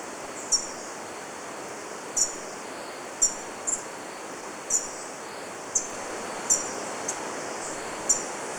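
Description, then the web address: Golden-eared tanager uttering single thin, high ticks spaced roughly a second apart against a steady background hiss. Recorded in Ecuador. "Natures Songs S America Birds of Ecuador. Golden-Eared Tanager"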